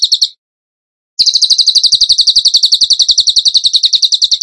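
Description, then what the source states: Bird giving a brief burst of piercing high notes, then after a gap a long, fast series of repeated chips. Song in the 'tembakan gacor' style, used to train other birds.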